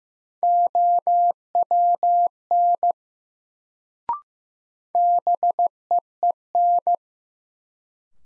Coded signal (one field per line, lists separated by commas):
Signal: Morse code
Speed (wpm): 15 wpm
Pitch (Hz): 700 Hz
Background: none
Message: OWN BEEN